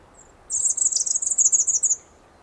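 European robin: a rapid high-pitched trill of thin notes lasting about one and a half seconds, preceded by a brief faint high note, with quiet background.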